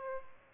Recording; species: mosquito wingbeat signal from an infrared sensor; Aedes albopictus